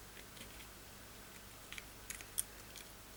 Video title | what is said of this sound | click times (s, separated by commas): Trying to FIX a Faulty BRICKED Nintendo Switch | There we go, did you hear that click? | 2.4 s